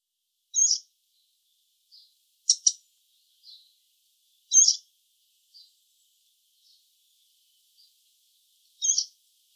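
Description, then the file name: Eurasian blackcap giving short, hard, high call notes at irregular intervals, some doubled, with fainter notes between; no other clear sounds. "Sylvia atricapilla"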